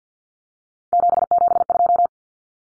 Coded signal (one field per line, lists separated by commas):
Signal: Morse code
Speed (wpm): 49 wpm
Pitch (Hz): 700 Hz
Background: none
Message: 772